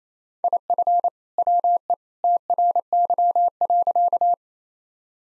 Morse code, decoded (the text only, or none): IF WE TRY.